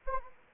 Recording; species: mosquito wingbeat signal from an infrared sensor; Anopheles arabiensis